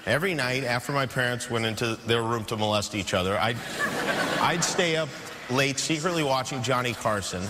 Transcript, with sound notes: every night after my parents went into their room to molest each other...
(LAUGHTER)
I'd stay up late, secretly watching Johnny Carson.